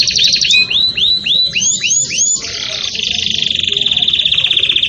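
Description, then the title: Canary singing a series of clear arching whistled notes, then a fast trill held steady to the end. Campainha song style, used for teaching young birds to sing. "Canto Do Canário Belga Campainha Para Encarte De Filhotes"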